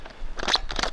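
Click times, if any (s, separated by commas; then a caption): none. A quick-change rifle barrel is handled as it is dropped back into the receiver, producing a series of crunchy, crackling metallic rattles and sharp taps, with the strongest hits near 0.4 s, 0.7 s, 0.8 s and 0.9 s. The clip ends just before the barrel goes home, so nothing has seated or clicked yet.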